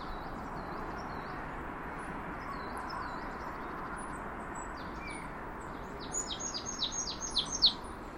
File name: Poecile palustris